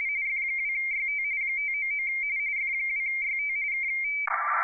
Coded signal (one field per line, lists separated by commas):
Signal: RTTY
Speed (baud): 45.45 baud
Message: F2YT 599 F2YT K